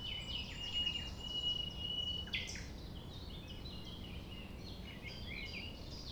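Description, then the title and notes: Common nightingale song amid a busy dawn chorus of other birds: a long level whistled note, then quick chirping phrases, over a low steady rumble. Recorded at 6 a.m. at sunrise near the Thève river at Champ de Ménage; the nightingale sings amid other sounds rather than waiting for silence. "6 A.M. Lever du soleil non loin de la Thève au Champ de Ménage. Le rossignol n'attend pas le silence."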